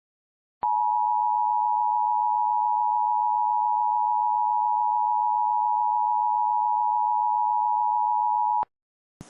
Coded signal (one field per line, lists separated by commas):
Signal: Emergency Alert System (SAME) tones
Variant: 853 and 960 Hz attention tone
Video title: EAS Mock: Maryland Bilzzard